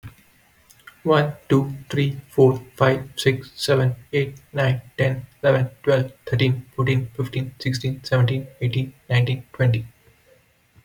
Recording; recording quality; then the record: counting at a fast pace; excellent, no background noise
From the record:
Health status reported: healthy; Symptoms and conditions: none ticked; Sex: male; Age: 24 years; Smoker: not ticked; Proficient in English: yes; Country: India